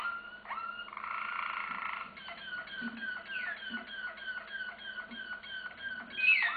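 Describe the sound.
Canary in song: a short whistle, a dense buzzy roll, then a series of quick chirps repeated in a steady rhythm, ending on a high note.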